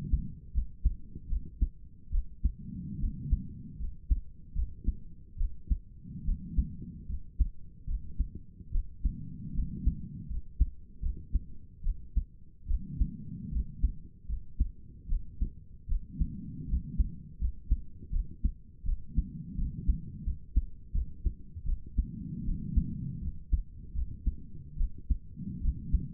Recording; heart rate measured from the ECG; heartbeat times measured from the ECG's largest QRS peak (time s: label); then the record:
heart sounds by stethoscope; 77 bpm
0.53 s: heartbeat
1.28 s: heartbeat
2.11 s: heartbeat
2.99 s: heartbeat
3.79 s: heartbeat
4.54 s: heartbeat
5.37 s: heartbeat
6.25 s: heartbeat
7.08 s: heartbeat
7.86 s: heartbeat
8.71 s: heartbeat
9.54 s: heartbeat
10.29 s: heartbeat
11.01 s: heartbeat
11.83 s: heartbeat
12.67 s: heartbeat
13.51 s: heartbeat
14.28 s: heartbeat
15.08 s: heartbeat
15.88 s: heartbeat
16.68 s: heartbeat
17.40 s: heartbeat
18.11 s: heartbeat
18.85 s: heartbeat
19.57 s: heartbeat
20.25 s: heartbeat
20.93 s: heartbeat
21.65 s: heartbeat
22.44 s: heartbeat
23.21 s: heartbeat
23.94 s: heartbeat
24.77 s: heartbeat
25.61 s: heartbeat
From the record:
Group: healthy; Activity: rest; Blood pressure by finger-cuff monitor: 80/55 mmHg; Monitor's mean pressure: 65 mmHg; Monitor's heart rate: 75 bpm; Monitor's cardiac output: 5.9 L/min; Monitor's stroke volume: 77 mL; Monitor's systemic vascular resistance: 770 dyn s/cm5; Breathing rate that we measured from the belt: 9 breaths a minute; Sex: female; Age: 22 years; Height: 163 cm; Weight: 67.1 kg